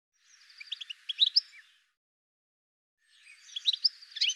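A bird gives two bursts of rapid high chirps and twitters, separated by roughly a second and a half of silence.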